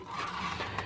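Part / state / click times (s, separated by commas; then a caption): memory card into photo printer card slot / not seated / none. An SD memory card is handled and pushed toward the front card slot of a Canon Selphy 1300 photo printer, producing soft scraping and sliding noise with a brief sharper tick at 0.8 s. Nothing has seated or clicked into place yet.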